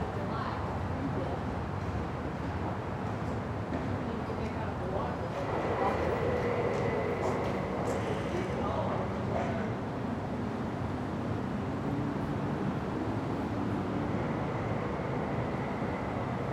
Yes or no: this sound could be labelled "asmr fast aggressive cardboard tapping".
no